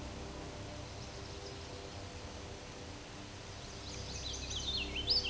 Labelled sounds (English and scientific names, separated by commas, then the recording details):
Hooded Warbler (Setophaga citrina) song
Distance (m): 25 m
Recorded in a Pennsylvania forest on 18 May 2023 at 10:21
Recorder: AudioMoth, point grid1_21_low
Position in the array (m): 251 m, 151 m